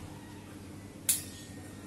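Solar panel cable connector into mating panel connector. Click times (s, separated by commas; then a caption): 1.1 s. A plastic solar panel cable connector, joining the positive lead of one panel to the negative lead of another on the second pair of panels, is pushed into its mating connector over a steady low background hum. It clicks in with one sharp, bright click at 1.1 s, sounding the same as the first connection, and the connector is seated.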